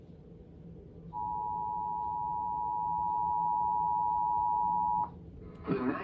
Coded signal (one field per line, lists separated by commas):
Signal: Emergency Alert System (SAME) tones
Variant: 853 and 960 Hz attention tone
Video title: EAS Alert #184: Severe Thunderstorm Warning for 10 IN counties (Aug 1, 2022)